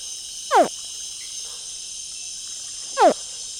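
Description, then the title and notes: Crocodile calls: two sharp descending chirps two and a half seconds apart over a steady high-pitched insect hum. Night on a riverbank at Tauary, a village in the Amazon rainforest 600 km west of Manaus, Brazil; answering people's imitated crocodile calls. "Nuit noire, sur la berge on imite le cri du crocodile en attendant sa réponse. Un bébé crocodile est le premier à répondre. En avançant sur le fleuve, c’est au tour des plus grands de faire écouter quelques vocalises en réponse aux appels."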